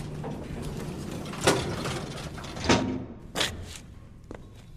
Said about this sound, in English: 27th floor. Door's opening.